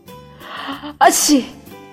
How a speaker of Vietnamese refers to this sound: Bạch Ngọc Đường đi đến trước cửa, đột nhiên hắt xì một cái.